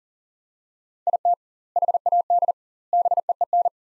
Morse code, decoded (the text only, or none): IT HAD BEEN